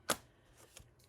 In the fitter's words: Sorry, you're going to hear some clicking because I'm putting the Q snaps back together.